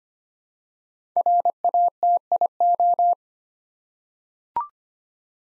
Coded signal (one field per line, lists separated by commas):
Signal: Morse code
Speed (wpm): 25 wpm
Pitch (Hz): 700 Hz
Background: none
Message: RATIO